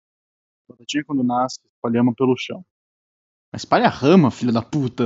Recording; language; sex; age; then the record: short text; Brazilian Portuguese; male; 20 to 29 years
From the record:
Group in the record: control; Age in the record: 20 years